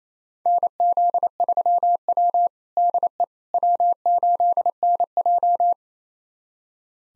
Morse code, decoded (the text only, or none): NZ3W DE W8NJ